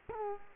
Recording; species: mosquito wingbeat signal from an infrared sensor; Culex quinquefasciatus